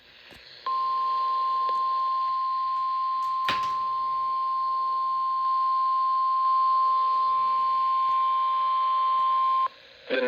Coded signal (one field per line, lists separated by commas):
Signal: Emergency Alert System (SAME) tones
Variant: 1050 Hz attention tone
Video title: (EAS #1355) Flash Flood Warning WXL70 7/20/26